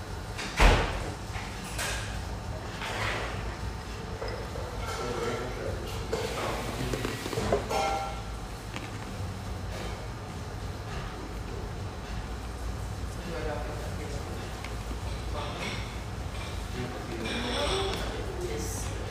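A steady hum of chatter fills an espresso house, with overlapping voices and a low rumble running throughout. A sharp knock or bang stands out near the start, followed by scattered clinks and brief clatters, including a bright tap just before the eighth second.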